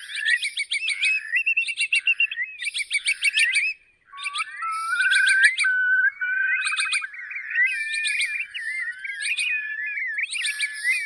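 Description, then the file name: Curlew bubbling song: rapid trilled phrases, a brief pause, then sliding, wavering whistles. Curlews labelled mỏ cong biển, choắt mỏ cong and rẽ mỏ cong. "tieng chim moc cong bien choat mo cong re mo cong"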